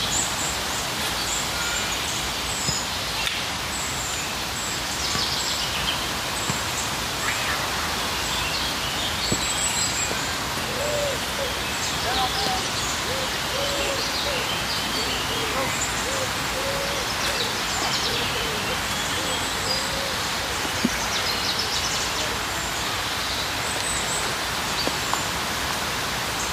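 A park ambience with a steady hiss of background noise that stays level throughout. Faint voices drift in and out around the middle, and brief high bird chirps appear near ten seconds and again close to the end.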